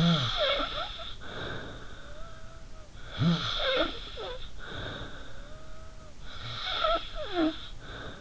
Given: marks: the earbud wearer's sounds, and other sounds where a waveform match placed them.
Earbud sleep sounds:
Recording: sounds in sleep by an in-ear microphone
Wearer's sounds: snoring breath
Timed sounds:
0.00-8.21 s: snoring breath

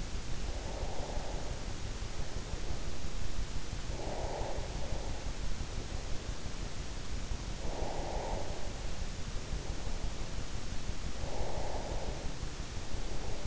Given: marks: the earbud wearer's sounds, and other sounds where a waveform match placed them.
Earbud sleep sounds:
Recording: sounds in sleep by an in-ear microphone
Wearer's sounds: breath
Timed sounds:
0.46-2.87 s: breath
3.78-6.05 s: breath
7.40-10.10 s: breath
11.06-13.42 s: breath

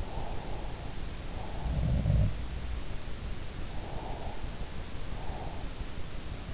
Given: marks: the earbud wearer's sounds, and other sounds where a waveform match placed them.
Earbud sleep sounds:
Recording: sounds in sleep by an in-ear microphone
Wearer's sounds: breath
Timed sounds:
0.00-0.95 s: breath
1.51-2.84 s: sound from someone else or the room
3.79-5.55 s: breath

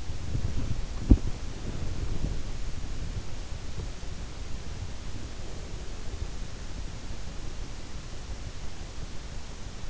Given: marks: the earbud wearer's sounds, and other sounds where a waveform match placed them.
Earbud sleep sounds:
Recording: sounds in sleep by an in-ear microphone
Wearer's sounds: body movement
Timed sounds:
0.00-2.60 s: body movement

